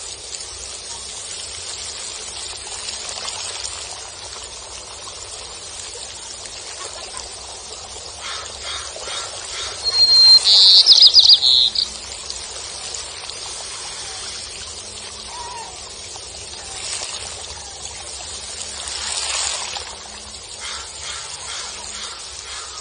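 Sea water washes steadily onto the beach under a soft, airy hiss with a low rumble beneath. A bird lets out a bright, sharp chirping burst around ten seconds in, and a swell of surf rises again near nineteen seconds.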